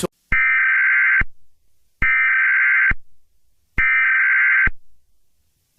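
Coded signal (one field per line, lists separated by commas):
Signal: Emergency Alert System (SAME) tones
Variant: header bursts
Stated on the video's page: Fictional EAS scenario.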